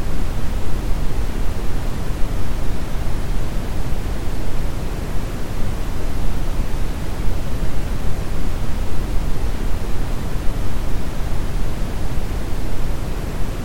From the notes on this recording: Brown noise has a deeper, more bass-heavy sound than white noise